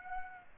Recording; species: mosquito wingbeat signal from an infrared sensor; Aedes aegypti